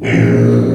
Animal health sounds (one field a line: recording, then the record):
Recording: squeal of a Yucatan mini pig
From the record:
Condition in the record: before surgery on the right vocal fold (resection and tissue-engineered implant)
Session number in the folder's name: 3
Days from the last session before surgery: 0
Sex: female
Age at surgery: 19 weeks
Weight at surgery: 25 kg